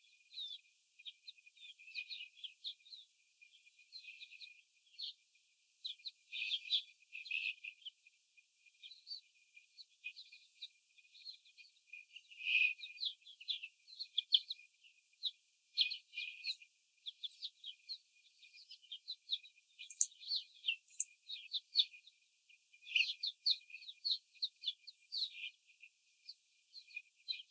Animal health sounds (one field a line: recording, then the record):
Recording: young laying hens in a cage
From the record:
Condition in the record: after the stressor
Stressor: simulated dog barking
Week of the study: 4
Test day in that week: 3